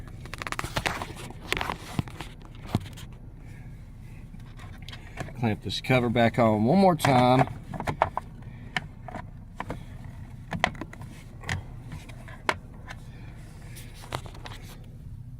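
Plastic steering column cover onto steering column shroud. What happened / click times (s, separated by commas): Plastic trim cover clips snap into place / 8.0 s, 10.6 s, 12.5 s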